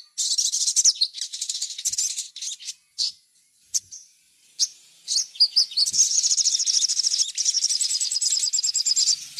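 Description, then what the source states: Little spiderhunter song: rapid, high chattering trills and sharp chips in bursts, then a long continuous buzzy trill through the second half. Training song, described as labaik.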